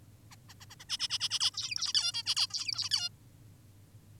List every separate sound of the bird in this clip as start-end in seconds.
0.31-0.36, 0.49-0.54, 0.60-0.66, 0.70-0.76, 0.80-0.85, 0.89-0.98, 1.00-1.08, 1.10-1.18, 1.20-1.29, 1.30-1.39, 1.40-1.51, 1.54-1.93, 1.94-2.12, 2.14-2.23, 2.26-2.35, 2.36-2.47, 2.50-2.89, 2.91-3.09